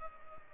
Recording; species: mosquito wingbeat signal from an infrared sensor; Culex pipiens